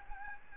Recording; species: mosquito wingbeat signal from an infrared sensor; Aedes albopictus